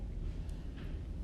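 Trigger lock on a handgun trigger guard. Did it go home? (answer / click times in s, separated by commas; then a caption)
no / none. A trigger lock is being fitted over a handgun's trigger guard, its two halves handled before being pushed together to lock. Low, steady rumbling handling noise fills the clip, with a faint brief tick near 0.5 s and another right at the end. Nothing has locked into place yet.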